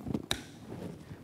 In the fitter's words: when you hear the pop you know that it's released the Catalyst inside the rest of the coating so then shake